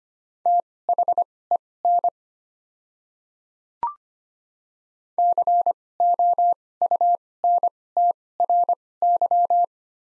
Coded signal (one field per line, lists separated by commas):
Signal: Morse code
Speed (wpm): 25 wpm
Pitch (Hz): 700 Hz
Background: none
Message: THEN COUNTRY